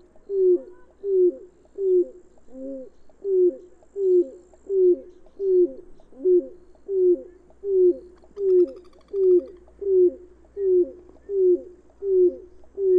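Bird cooing: a soft low note repeated steadily more than once a second.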